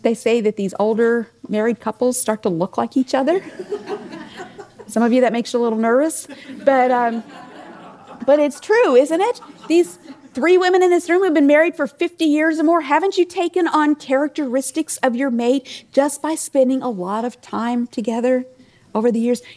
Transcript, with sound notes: They say that these older married couples start to look like each other. Some of you, that makes you a little nervous. (Laughter) But it’s true, isn’t it? These three women in this room have been married for fifty years or more, haven’t you taken on characteristics of your mate just by spending a lot of time together over the years?